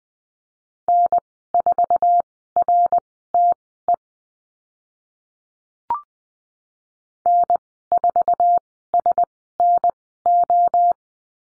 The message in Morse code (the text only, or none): N4RTE N4SNO